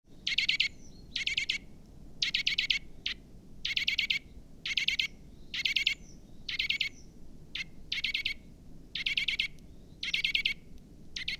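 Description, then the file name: Eurasian nuthatch calling, short bursts of rapid, high, clipped notes repeated roughly every second, over a steady low rumble of background noise. "Sitta europaea"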